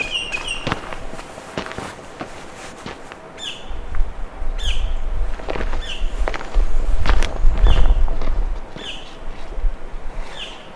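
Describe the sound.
Bird calls, short downslurred chirps repeated irregularly throughout, with footsteps and low rumbling noise underneath.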